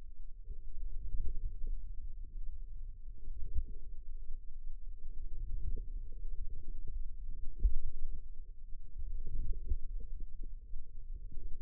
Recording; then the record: forearm muscle sounds (acoustic myography)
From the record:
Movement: ulnar deviation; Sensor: system 2, bracelet of six BSWA MPA416 microphones around the upper forearm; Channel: 6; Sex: female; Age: 22 years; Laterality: right